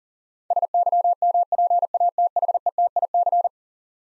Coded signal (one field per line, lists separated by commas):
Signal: Morse code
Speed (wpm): 40 wpm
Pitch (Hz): 700 Hz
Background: none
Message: SYMPATHETIC